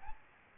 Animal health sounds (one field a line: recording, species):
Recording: mosquito wingbeat signal from an infrared sensor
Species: Aedes albopictus